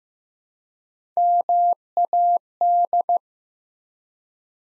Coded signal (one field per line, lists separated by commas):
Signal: Morse code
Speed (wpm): 15 wpm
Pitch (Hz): 700 Hz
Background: none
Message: MAD